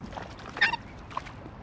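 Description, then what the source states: Dusky moorhen squabbling: a few short, harsh squawks bunched together, then one clearer clucking note near the end, over a soft hissy background. Squabbling birds recorded in Australia.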